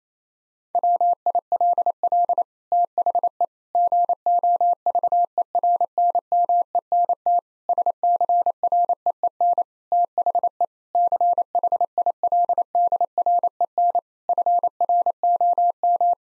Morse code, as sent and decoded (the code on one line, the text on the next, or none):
.-- .. .-.. .-.. / - .... . / --. --- ...- . .-. -. -- . -. - / ... -.-. .-. . . -. / - .... . / -.-. .... .. .-.. -.. .-. . -. / ..-. .-. --- --
WILL THE GOVERNMENT SCREEN THE CHILDREN FROM